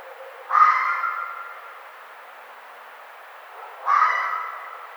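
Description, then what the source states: Red fox calling twice, harsh raspy screams about three seconds apart, each starting abruptly and trailing off, with steady hiss between them. 1 April 2009.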